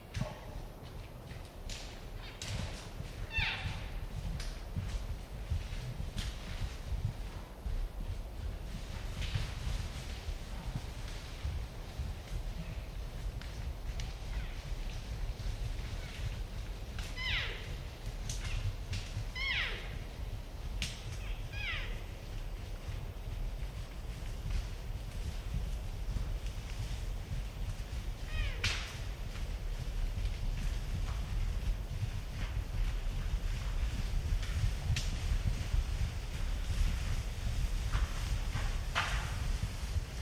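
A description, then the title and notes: Elk herd moving through a windy outdoor scene, with a heavy low rumble of wind and scattered sharp cracks and thumps throughout. Roosevelt Elk herd movement. Roosevelt Elk, or Rainforest Elk or Olympic Elk, selected from a brief trip in late September 2023. Recorded in the Queets and Quinalt Rainforest River Valleys, there's often an unavoidable distant wash of river in the background, so each example is very lightly processed with the unprocessed source immediately following. I record elk by leaving recorders out in the field where herds are known to migrate.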